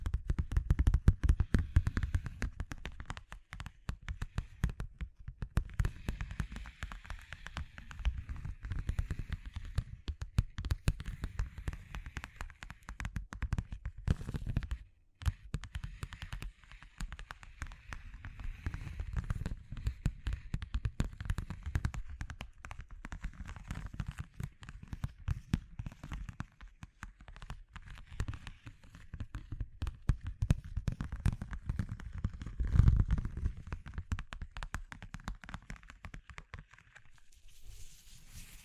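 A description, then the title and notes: A dense, restless crackling texture of rapid clicks and pops, heavy in the low end with a thin hiss above. It churns steadily, dropping out briefly near 5 and 15 seconds, swelling in bursts around 2 and 33 seconds, then thinning away at the end. ASMR Exploring Textures (No Talking).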